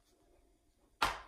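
A snap stud is pressed into its snap socket on a vest, and the garment snap fastener pops closed with a sharp, loud click at 1.0 s that quickly decays. Before it there is only a faint, quiet background. Right after the pop, someone talks.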